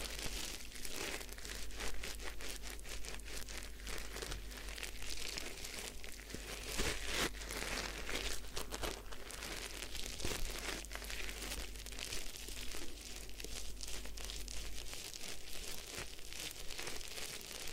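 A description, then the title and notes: Hair washing and massage during a head spa, heard as constant dense crinkling and rubbing with quick, irregular scratchy bursts. The texture stays steady for the whole stretch, bright and crackly, with a low steady hum underneath that drops out near the end. Head Spa Hair Wash, Massage, Ear Cleaning.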